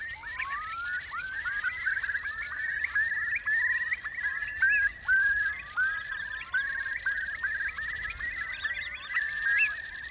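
Curlew calls: a steady stream of rising whistles and bubbling notes from several birds, overlapping throughout against a soft hiss.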